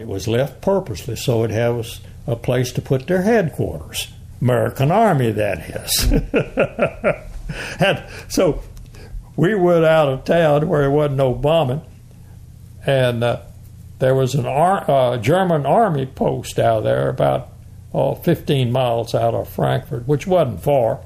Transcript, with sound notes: It was left purposely so it’d have a place to put their headquarters, the American army that has [Laughing] and so, we went out of town where there wa’n’t no bombing and…there was an ar…a German army post out there about, oh, fifteen miles out of Frankfurt, which wa’n’t far,